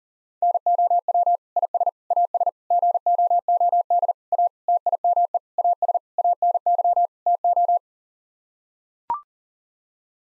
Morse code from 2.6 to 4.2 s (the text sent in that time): GOOD